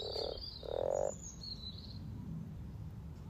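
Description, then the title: Frog chorus, low purring croaks in two bursts in the first second, then quieter; birds chirp high above and a low rumble runs underneath. About 20 frogs in a sunny garden pond, some floating, some on fresh frog spawn; chorus welcoming arriving females; Freshfield, Formby, Merseyside, UK; sunny spring day, 17 March 2023. "Frog Chorus Spring sounds first Lunch outside St Patrick’s day 17 March 2023 . Freshfield, Formby"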